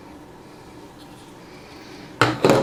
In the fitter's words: just snaps right in there fits very nicely